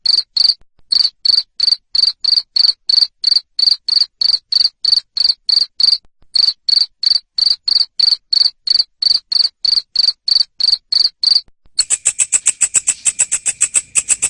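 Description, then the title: Cricket chirping in loud, evenly spaced pulses about three per second, with brief pauses; near the end a faster, higher buzzing trill takes over. Loud cricket chirping used to stimulate lovebirds into continuous chattering song. "Suara JANGKRIK NGERIK Keras Bikin LOVEBIRD Jadi NGEKEK Terus Vubey"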